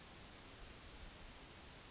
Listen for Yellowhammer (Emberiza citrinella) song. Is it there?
no